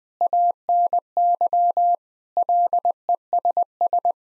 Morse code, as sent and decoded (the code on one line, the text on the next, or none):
.- -. -.-- / .-.. . ... ...
ANY LESS